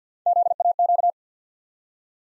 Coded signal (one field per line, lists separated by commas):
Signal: Morse code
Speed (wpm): 50 wpm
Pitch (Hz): 700 Hz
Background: none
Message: ZAQ